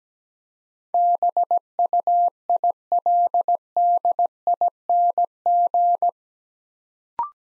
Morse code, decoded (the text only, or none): BUILDING